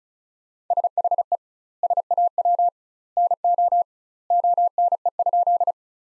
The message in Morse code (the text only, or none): SHE SAW NO ONE?